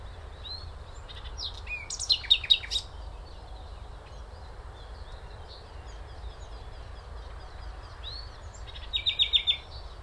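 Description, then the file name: Common nightingale song: two loud rapid rattling trills several seconds apart, separated by quieter scattered whistles, with steady low background noise. "Luscinia megarhynchos"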